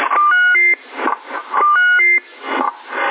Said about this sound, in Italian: Cioè, doppio più il bip dell'apparato